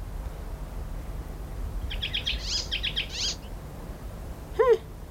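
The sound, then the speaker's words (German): Birds chirp in two quick bursts of rapid, high-pitched notes, followed a moment later by a single short call that sweeps downward, all over a soft low rumble with no talking. “Die Vögel sind des Singens müde.”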